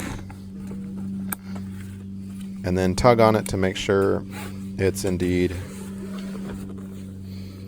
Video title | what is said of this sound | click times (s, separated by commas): How To Easily Install + Remove a Car Seat - *Practical Tips* from a Parent to Make Your Life Easier | Again, listen for that sound. You need to hear that click. | 1.3 s